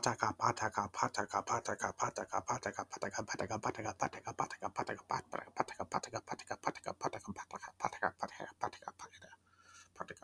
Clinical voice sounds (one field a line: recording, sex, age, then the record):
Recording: repeated syllables /pa ta ka/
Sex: male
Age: 20 to 29 years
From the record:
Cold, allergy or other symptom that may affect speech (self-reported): no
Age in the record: 28 years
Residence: Illinois, United States